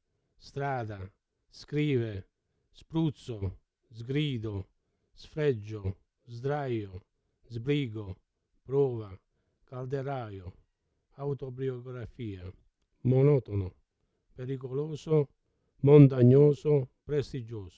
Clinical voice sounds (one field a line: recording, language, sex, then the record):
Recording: read list of words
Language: Italian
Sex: male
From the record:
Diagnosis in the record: Parkinson's disease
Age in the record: 70 years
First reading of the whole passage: 68 s, 7.6 characters per second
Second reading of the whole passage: 61 s, 8.4 characters per second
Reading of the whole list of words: 64 s, 4.4 characters per second